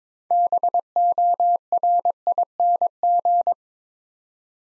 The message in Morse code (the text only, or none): BORING